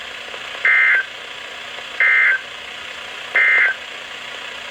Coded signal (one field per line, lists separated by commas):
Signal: Emergency Alert System (SAME) tones